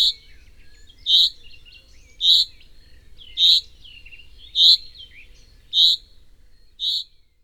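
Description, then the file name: Common chaffinch calling with a sharp, high note repeated roughly every second, seven times, over a quiet background with faint twittering. "Fringilla coelebs"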